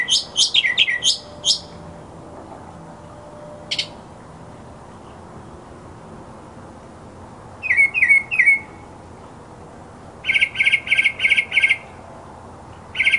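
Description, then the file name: Mockingbird song with varied phrases: a tumbling descending run, a single sharp note, then a rapid chattering series of repeated chirps after a long quiet gap. Mockingbird song recording presented as masteran, a tutor recording for training songbirds. "suara masteran mockingbird"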